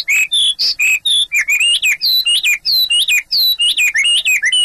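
Chinese hwamei song: loud, clear whistled notes in quick varied phrases, some rising and falling, following one another in quick succession.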